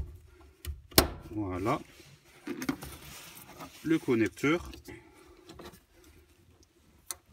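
A plastic electrical connector is plugged onto the fuel pump module during a fuel pump replacement on an Aveo. Someone talks over scattered handling knocks, including a sharp one near 1.0 s, then after a quiet stretch a short sharp click at 7.1 s marks the connector seating.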